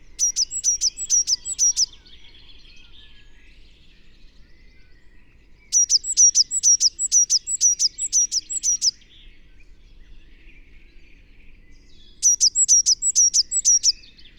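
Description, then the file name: Eurasian blue tit singing in three bursts, each a quick run of high, thin notes repeated several times, with quiet pauses between bursts. "Cyanistes caeruleus"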